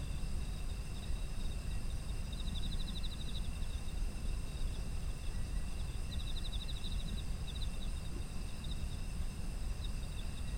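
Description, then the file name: Insects trilling in two clear buzzy bursts followed by scattered chirps, steady high ringing insect tones, and constant low-frequency rumble. Ambient sound of autumn insects. "秋の虫の環境音"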